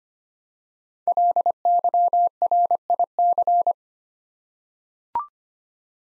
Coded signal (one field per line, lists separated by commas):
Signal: Morse code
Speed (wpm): 25 wpm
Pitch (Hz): 700 Hz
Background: none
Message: LYRIC